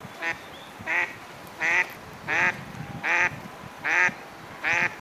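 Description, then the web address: Eastern spot-billed duck quacking, harsh nasal quacks repeated about once every 0.7 seconds, seven in a row, over quiet background. "izumino saunndo karugamo"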